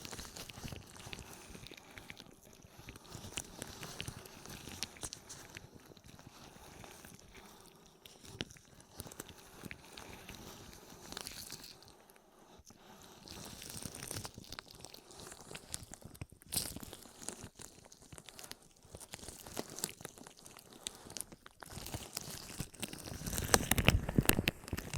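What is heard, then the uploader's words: Ear massage sounds for ASMR: a continuous crackling, rustling rub with dense, irregular scratchy bits. The texture swells into louder brushing bursts now and then, around the middle and again near the end, where it turns fuller and heavier. ASMR 10 Ear Massages for Sleep (No Talking).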